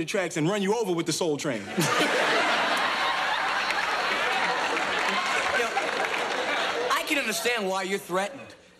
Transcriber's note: soundbite of laughing